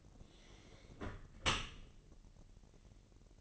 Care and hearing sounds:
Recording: daily activity, microphone in the room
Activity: close dishwasher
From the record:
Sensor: 4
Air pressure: 1001.4 hPa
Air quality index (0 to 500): 249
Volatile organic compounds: 45 ppm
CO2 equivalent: 3225 ppm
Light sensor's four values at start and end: 8/17/7/6 and 8/18/7/7

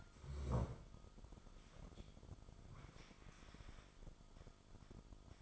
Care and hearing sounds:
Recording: daily activity, microphone in the room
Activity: sit down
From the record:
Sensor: 5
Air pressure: 1005.1 hPa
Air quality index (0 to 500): 105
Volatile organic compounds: 2 ppm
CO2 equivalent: 1285 ppm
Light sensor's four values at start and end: 34/80/32/30 and 34/79/32/30

